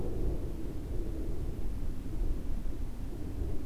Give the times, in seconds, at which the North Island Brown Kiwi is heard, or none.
none